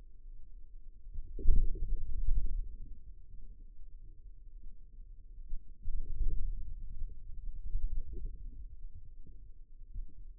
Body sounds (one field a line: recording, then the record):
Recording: forearm muscle sounds (acoustic myography)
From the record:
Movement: inward rotation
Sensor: system 2, bracelet of six BSWA MPA416 microphones around the upper forearm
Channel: 4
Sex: male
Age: 22 years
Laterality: right